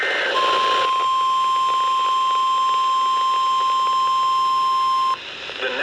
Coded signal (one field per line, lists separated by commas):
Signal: Emergency Alert System (SAME) tones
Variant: 1050 Hz attention tone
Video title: Windy Thursday | EAS Alerts From 6/29/2023 (EAS #2,119-2,144)